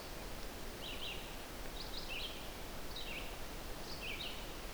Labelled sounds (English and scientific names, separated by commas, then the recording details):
Red-eyed Vireo (Vireo olivaceus) song
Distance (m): 55 m
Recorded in boreal forest in Alberta, Canada, on 12 June 2016 at 05:45
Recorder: SongMeter 3, array SBT-3-18
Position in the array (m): 233 m, 103 m